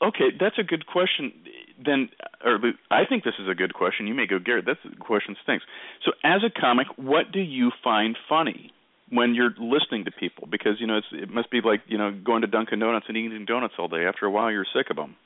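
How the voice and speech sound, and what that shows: Adult man speaking fluently in a clear, steady, pleasant voice suited to radio, heard over a narrow, phone-like line during a radio interview; ordinary speech.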